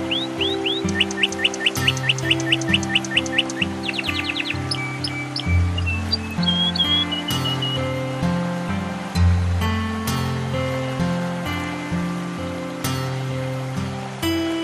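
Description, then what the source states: Canary singing fast repeated upward-sweeping notes in a rattling series, then sparse single chirps, with low humming tones beneath. Canary song mixed with nature sounds.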